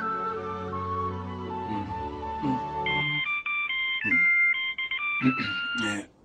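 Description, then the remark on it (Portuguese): A melodic phone ringtone plays a bright, high-pitched tune of steady electronic notes, preceded by a lower harmonic sound that gives way to the chiming melody before it cuts off. “Telefone, querida.”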